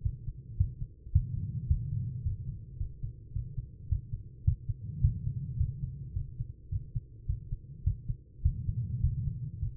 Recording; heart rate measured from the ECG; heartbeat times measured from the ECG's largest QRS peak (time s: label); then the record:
heart sounds by stethoscope; 107 bpm
0.02 s: heartbeat
0.57 s: heartbeat
1.12 s: heartbeat
1.67 s: heartbeat
2.22 s: heartbeat
2.77 s: heartbeat
3.33 s: heartbeat
3.88 s: heartbeat
4.44 s: heartbeat
5.01 s: heartbeat
5.57 s: heartbeat
6.13 s: heartbeat
6.69 s: heartbeat
7.26 s: heartbeat
7.83 s: heartbeat
8.42 s: heartbeat
9.00 s: heartbeat
9.59 s: heartbeat
From the record:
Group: healthy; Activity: rest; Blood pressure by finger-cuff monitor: 143/80 mmHg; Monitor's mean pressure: 97 mmHg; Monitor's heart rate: 108 bpm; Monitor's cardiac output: 7.4 L/min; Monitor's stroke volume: 68 mL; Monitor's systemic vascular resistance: 950 dyn s/cm5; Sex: female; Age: 43 years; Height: 160 cm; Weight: 90 kg